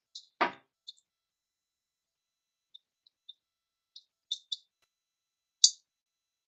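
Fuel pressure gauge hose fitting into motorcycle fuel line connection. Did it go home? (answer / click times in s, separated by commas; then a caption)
yes / 5.6 s. A custom fuel pressure gauge's hose fitting is pushed into the fuel line quick connector on a 2015 Honda CBR300F during a fuel pressure test. A low, full thump near 0.4 s is followed by scattered small, high-pitched plastic ticks. Then a sharp, loud click at 5.6 s shows the quick connector has seated.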